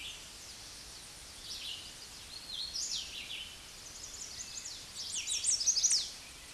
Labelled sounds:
Hooded Warbler song
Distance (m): 25 m
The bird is about 15 m above the microphone
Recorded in a Pennsylvania forest on 16 May 2024 at 08:36
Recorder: AudioMoth, point MSD-0079
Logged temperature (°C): 16.1 °C
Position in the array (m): 146 m, 97 m

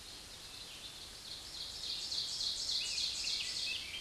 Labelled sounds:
Ovenbird song
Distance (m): 35 m
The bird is about 5 m above the microphone
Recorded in a Pennsylvania forest on 16 May 2024 at 06:57
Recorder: AudioMoth, point MSD-1539
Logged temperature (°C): 16.0 °C
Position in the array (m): 137 m, 9 m

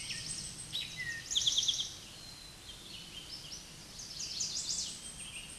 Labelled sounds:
Eastern Towhee song
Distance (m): 15 m
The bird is about level with the microphone
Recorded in a Pennsylvania forest on 16 May 2024 at 09:33
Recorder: AudioMoth, point MSD-2166
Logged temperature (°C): 16.3 °C
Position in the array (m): 96 m, -2 m

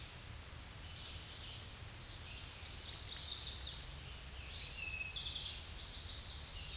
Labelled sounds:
Eastern Towhee song
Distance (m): 45 m
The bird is about 5 m above the microphone
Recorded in a Pennsylvania forest on 16 May 2024 at 07:38
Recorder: AudioMoth, point MSD-0627
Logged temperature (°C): 14.8 °C
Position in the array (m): 70 m, 19 m

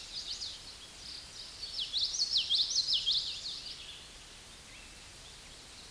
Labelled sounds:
Common Yellowthroat song
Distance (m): 10 m
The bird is about 5 m below the microphone
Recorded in a Pennsylvania forest on 16 May 2024 at 08:10
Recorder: AudioMoth, point MSD-1418
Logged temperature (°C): 16.4 °C
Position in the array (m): 220 m, 186 m

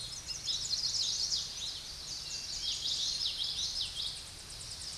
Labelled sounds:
Common Yellowthroat song
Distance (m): 25 m
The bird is about 10 m above the microphone
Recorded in a Pennsylvania forest on 16 May 2024 at 07:17
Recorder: AudioMoth, point MSD-2320
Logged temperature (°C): 12.8 °C
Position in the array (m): 233 m, 174 m

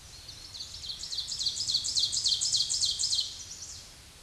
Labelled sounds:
Ovenbird song
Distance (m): 10 m
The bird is about 10 m above the microphone
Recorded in a Pennsylvania forest on 16 May 2024 at 07:04
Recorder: AudioMoth, point MSD-2376
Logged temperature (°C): 16.7 °C
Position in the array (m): 147 m, 4 m

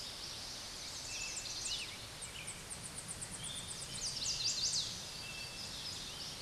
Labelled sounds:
Chestnut-sided Warbler song
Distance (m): 30 m
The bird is about 5 m above the microphone
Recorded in a Pennsylvania forest on 16 May 2024 at 06:25
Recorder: AudioMoth, point MSD-1849
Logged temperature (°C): 12.1 °C
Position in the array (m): 11 m, 18 m

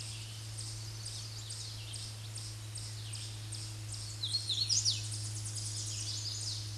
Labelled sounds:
Hooded Warbler song
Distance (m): 5 m
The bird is about 5 m above the microphone
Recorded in a Pennsylvania forest on 16 May 2024 at 07:56
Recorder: AudioMoth, point MSD-2208
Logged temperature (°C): 15.2 °C
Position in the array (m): 142 m, 88 m

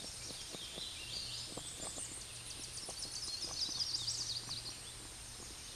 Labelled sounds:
Hooded Warbler song
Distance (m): 50 m
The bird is about 5 m above the microphone
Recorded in a Pennsylvania forest on 16 May 2024 at 08:31
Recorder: AudioMoth, point MSD-0665
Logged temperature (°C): 16.1 °C
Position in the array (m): 43 m, 129 m

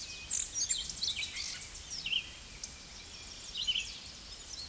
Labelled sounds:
Red-eyed Vireo song
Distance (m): 10 m
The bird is about 5 m above the microphone
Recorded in a Pennsylvania forest on 16 May 2024 at 07:14
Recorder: AudioMoth, point MSD-0438
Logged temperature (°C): 14.5 °C
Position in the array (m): 98 m, 98 m

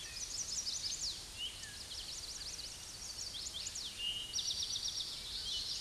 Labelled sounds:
Eastern Towhee song
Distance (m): 30 m
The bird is about 5 m above the microphone
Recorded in a Pennsylvania forest on 16 May 2024 at 08:02
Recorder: AudioMoth, point MSD-2257
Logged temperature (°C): 16.0 °C
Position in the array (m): 183 m, 196 m

